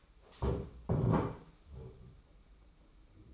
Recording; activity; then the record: daily activity, microphone in the room; stand up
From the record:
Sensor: 1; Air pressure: 991.6 hPa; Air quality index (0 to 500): 162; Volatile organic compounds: 1000 ppm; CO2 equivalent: 6054 ppm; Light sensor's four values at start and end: 31/103/40/41 and 30/101/39/40